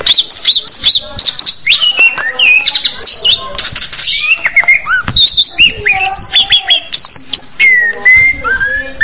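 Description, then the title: Orange-headed thrush pouring out a dense, varied song of high chirps, buzzy trills and slurred whistles, with lower whistles toward the close. "Anis Merah"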